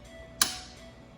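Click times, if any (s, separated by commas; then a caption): 0.4 s. A pressure hose coupling at the bottom of a machine component is twisted to unlock it, giving a single sharp click at 0.4 s over a steady low hum with a faint tone. The coupling clicks open and is released, ready for the hose to be pulled down and out.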